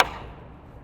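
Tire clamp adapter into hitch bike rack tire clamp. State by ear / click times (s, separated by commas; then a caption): seated / 0.0 s. A small-tire adapter, made for bikes with 19-inch tires such as the Sur Ron, is lined up on the front tire clamp of a RAXzilla hitch bike rack and pushed until it clicks into place. One sharp click sounds at 0.0 s, then fades into a quiet tail over the rest of the 0.9 seconds. The adapter is seated.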